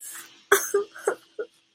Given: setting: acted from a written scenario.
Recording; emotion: vocal sound without words; sadness